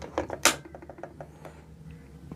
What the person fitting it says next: press it and release it and it locks into place